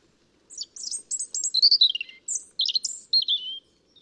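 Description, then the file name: European robin song: rapid scratchy high notes that run into warbling, descending trills and end on a thin, trailing whistle. "Erithacus rubecula"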